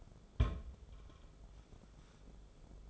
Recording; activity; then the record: daily activity, microphone in the room; place on stove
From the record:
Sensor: 5